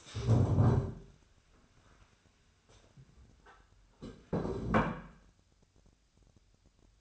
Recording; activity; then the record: daily activity, microphone in the room; stand up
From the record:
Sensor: 2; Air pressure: 1015.1 hPa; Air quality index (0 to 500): 168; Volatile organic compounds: 9 ppm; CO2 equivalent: 2184 ppm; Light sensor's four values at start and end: 12/33/13/14 and 12/33/13/14